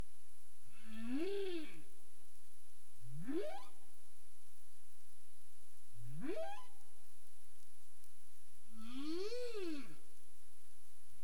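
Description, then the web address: Humpback whale vocalizing in four units: arched moans that rise and fall with rich harmonics frame two steep upsweeps, roughly every three seconds, against faint background hiss. Caribbean; recorded 27 April 2035 at 22:47 UTC. "CARIMAM. humpback whale"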